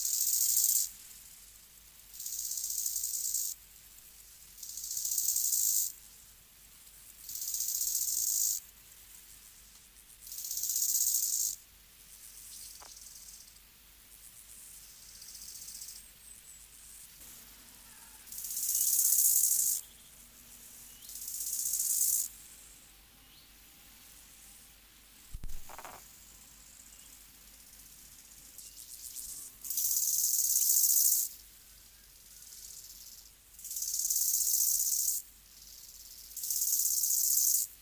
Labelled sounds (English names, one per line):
Steppe Grasshopper stridulation